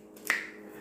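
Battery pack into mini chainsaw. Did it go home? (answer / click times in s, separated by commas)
yes / 0.3 s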